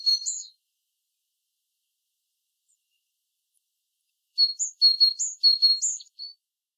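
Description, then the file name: Great tit with a brief note at the start, then after a long silence a quick series of high paired notes, one lower tone and one sharper higher. "Parus major"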